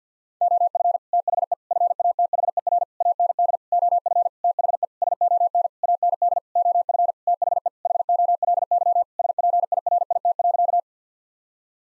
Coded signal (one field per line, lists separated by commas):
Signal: Morse code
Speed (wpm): 50 wpm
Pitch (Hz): 700 Hz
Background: none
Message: OF THE FATHER AND OF THE SON AND OF THE HOLY SPIRIT.